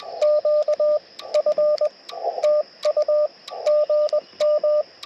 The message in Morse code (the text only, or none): QF TU GM